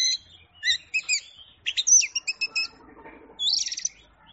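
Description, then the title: Oriental magpie-robin song: scratchy chirps, then a rapid series of clipped whistled notes and a final buzzy trill. Champion singing bird. "Kicau Burung Kacer Juara"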